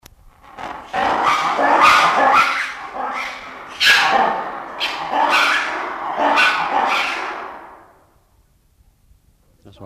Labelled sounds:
Red Ruffed Lemur (Varecia rubra) call
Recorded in captivity
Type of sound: call
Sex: group
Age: adult
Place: Tierpark Berlin, Berlin, DE
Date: 1988-07-14 12:46
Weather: heiter, 20 °C
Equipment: Nagra SN, Kopie Tesla B 116
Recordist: Tembrock, Günter
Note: Als Varecia variegatus ruber bezeichnet. Laute in Gruppe, durch hartes Aufsetzen eines Eimers ausgelöst

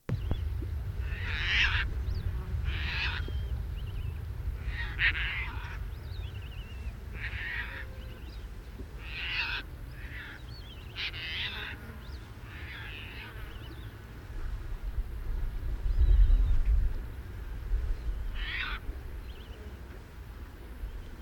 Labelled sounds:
Eurasian Whimbrel (Numenius phaeopus) call, Caspian Tern (Hydroprogne caspia) call
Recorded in the wild
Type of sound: call
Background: Hydroprogne caspia
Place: Zicker, Insel Rügen, Mecklenburg-Vorpommern, DE
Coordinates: 54.25, 13.41
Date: 1970-08-30
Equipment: Nagra III BH, Sennheiser MD 21, parabola
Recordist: Schubert, Michael
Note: Bei Zicker / Zudar: Regenbrachvogel im Fluge, Raubseeschwalbe

